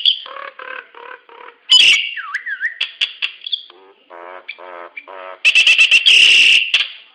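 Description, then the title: Nias hill myna mixing low pulsed gurgles, a bent whistle that dips and rises, clicking notes, and a final burst of loud ringing whistles. "Burung jalak nias"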